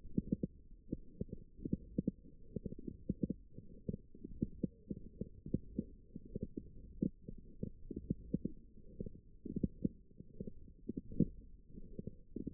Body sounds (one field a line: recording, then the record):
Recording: forearm muscle sounds (acoustic myography)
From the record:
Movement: forearm supination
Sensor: system 1, eight BSWA MPA416 microphones around the upper forearm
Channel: 4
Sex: female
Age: 21 years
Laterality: right